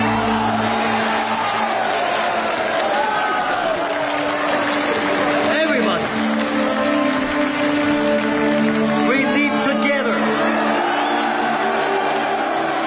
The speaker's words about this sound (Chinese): 冷风要带所有人走，他的话音刚落，现场的工人立刻欢呼起来。